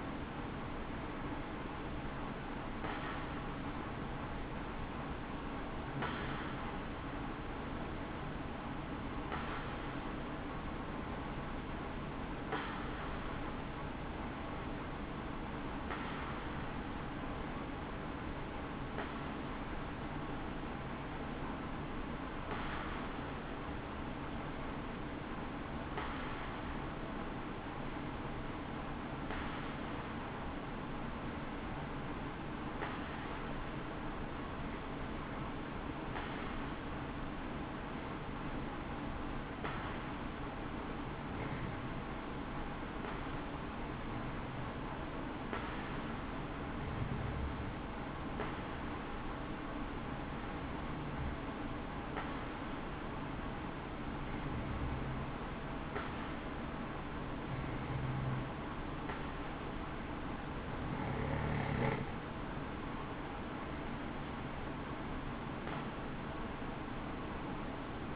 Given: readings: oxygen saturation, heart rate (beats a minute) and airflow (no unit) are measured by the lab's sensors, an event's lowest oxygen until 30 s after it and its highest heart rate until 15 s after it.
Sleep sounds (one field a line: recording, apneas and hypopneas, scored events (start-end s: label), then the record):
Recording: breathing in sleep by a voice recorder at the bedside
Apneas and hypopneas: 1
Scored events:
13.00-63.30 s: hypopnea (N1, oxygen 96% highest, then 92% lowest, heart rate 65 at the start, 67 highest)
29.00-59.00 s: new sleep stage, N2 (light sleep)
59.00-68.16 s: new sleep stage, N1 (lightest sleep)
From the record:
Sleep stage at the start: N1 (lightest sleep)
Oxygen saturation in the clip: 90 to 96%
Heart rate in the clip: 60 to 71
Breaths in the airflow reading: 20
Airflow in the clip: -6.6 to 6.9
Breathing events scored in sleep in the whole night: 216 in 7.0 hours asleep